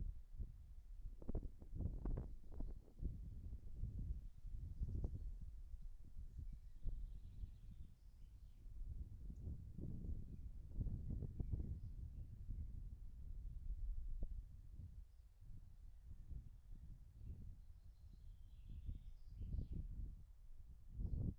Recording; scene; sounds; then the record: everyday scene through a hearing-aid microphone; wind on the microphone; wind, birds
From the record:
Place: in front of a rural house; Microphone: behind the ear, right, rear